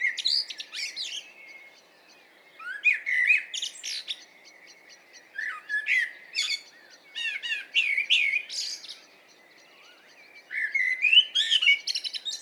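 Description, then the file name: Common blackbird sings four or five separate phrases, each a mellow, rather low warble followed by high scratchy twittering, with brief pauses between them. "Turdus merula"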